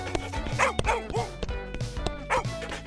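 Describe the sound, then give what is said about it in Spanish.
A playful dog named Pipa lets out a quick series of bright, yappy barks in an excited rhythm, with short yips between them, as it runs after girls playing football, over a steady background hum. “Pero olvidaron que Pipa, su perro, era muy juguetón y empezó a correr detrás de ellas.”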